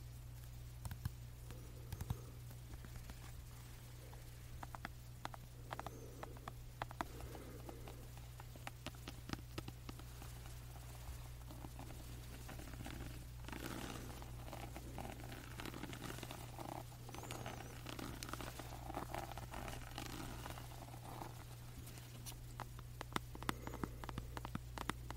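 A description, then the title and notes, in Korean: Scratching and tapping on a light fixture, with sharp, irregular clicks and taps scattered through the whole stretch, some in quick clusters. Rough, scratchy rubbing comes and goes between them, while a steady low hum runs underneath from start to finish. 조명 스크래칭 , 탭핑.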